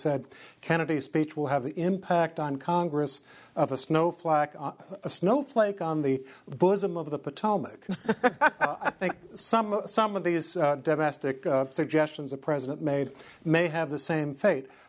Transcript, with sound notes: He said, Kennedy's speech will have impact on Congress of a snowflake — a snowflake on the bosom of the Potomac. (LAUGHTER) I think some of these domestic suggestions the president made may have the same fate.